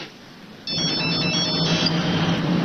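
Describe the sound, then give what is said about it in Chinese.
A telephone starts ringing abruptly as a phone call is placed, giving a high-pitched electronic trill that lasts about a second over a steady, fairly loud background hiss, with no one speaking. “我就不信的事，我给常贵打个电话。”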